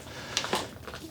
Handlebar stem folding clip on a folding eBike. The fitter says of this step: is this clip here it just pushes and clicks into place and the second clip